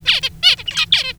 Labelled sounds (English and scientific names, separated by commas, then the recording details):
Zebra Finch (Taeniopygia guttata) song
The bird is a male
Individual mal2